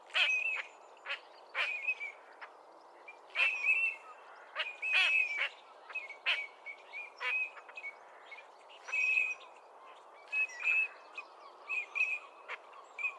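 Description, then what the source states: Eurasian Teal display calls: many short, ringing whistles and chimes from several birds, overlapping in irregular bursts throughout, over a steady soft background hiss. Group of displaying teals; males give chimes and whistles, females give rather high-pitched quacks.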